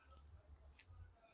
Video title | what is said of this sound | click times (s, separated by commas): 2010 Yard Machines 22" Push Mower for $10....Time for Carburetor ReBuild. | because this thing needs to be airtight to push fuel I just heard a click two clicks | 0.8 s